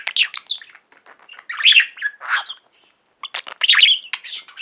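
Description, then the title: Budgerigar chatters rapidly with harsh squawky notes and bright chirps, one short pause near three seconds. "Budgie Sounds"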